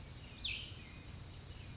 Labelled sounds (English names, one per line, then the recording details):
Cassin's Vireo
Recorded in Sonoma County, California